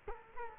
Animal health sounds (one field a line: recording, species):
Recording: mosquito wingbeat signal from an infrared sensor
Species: Culex quinquefasciatus